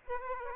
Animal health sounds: mosquito wingbeat signal from an infrared sensor; Aedes aegypti

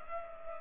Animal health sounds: mosquito wingbeat signal from an infrared sensor; Culex pipiens

